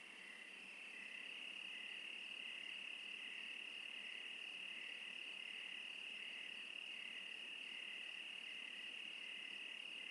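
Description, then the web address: Crickets trilling continuously, the chorus swelling slightly in the first second, with a lower rhythmic chirp pulsing steadily underneath. "sonniss-gdc-audio crickets- -crickets-interlude"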